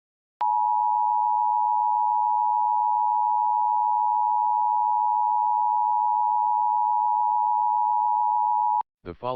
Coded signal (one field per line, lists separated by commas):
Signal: Emergency Alert System (SAME) tones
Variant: 853 and 960 Hz attention tone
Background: speech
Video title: KSPR-TV Required Monthly Test for Missouri (EAS #554)